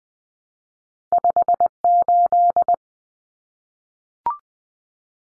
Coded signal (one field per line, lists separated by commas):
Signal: Morse code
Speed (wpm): 20 wpm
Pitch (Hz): 700 Hz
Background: none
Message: 58